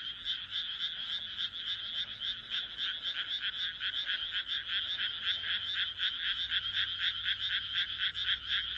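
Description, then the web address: Frog chorus of quick pulsed croaks, roughly four per second, keeping a fairly steady beat over a continuous background of other calling frogs. "kaeru kaeru"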